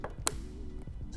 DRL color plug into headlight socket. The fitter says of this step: this is an incredibly simple process all you do is plug it in right here until you hear the click